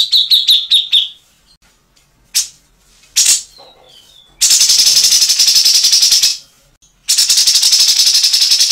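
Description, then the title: Grey-cheeked bulbul giving harsh rattling calls: short stuttering bursts at first, then two long buzzy rattles, the first about two seconds and the second running on to the end, with brief thin whistles just before them. Master recording made for training songbirds. "MASTERAN CUCAK JENGGOT"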